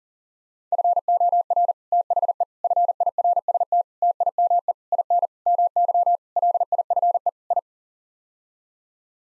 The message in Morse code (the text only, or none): FOR THE FIRST TIME IN MY LIFE I